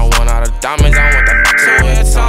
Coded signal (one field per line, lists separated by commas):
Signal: Emergency Alert System (SAME) tones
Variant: header bursts